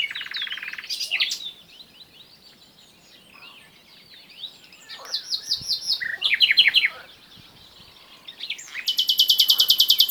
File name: Luscinia megarhynchos